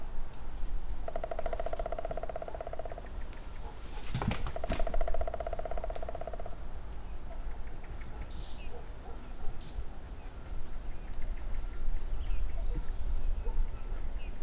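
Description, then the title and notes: Woodpecker drumming: two fast, even rolls of about two seconds each, the second following a sharp knock, over steady low rumble and faint high bird notes. Green woodpecker or other woodpecker on a dry spruce near wetlands at Hatě, Ústí, Czechia. "Ústí, Czechia - datel na suchém smrku. žluna nebo datel na suchém smrku nedaleko mokřadů na Hatích"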